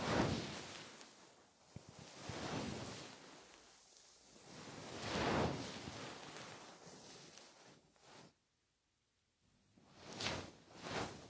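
A goose feather stick brushes gently for ear cleaning: slow, airy swishes swell and fade every couple of seconds, strongest at the start and near five seconds. It falls almost silent around eight to nine seconds, then two more soft sweeps follow.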